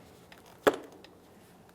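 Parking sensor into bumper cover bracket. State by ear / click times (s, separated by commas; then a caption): seated / 0.7 s. A new front parking sensor with its gasket is pressed by hand into the plastic bumper-cover bracket of a 2017-2024 GMC Acadia, with the electrical connector facing outboard. A few faint ticks come before and after a single sharp click at 0.7 s. The sensor is seated, then tugged to check that it is secured.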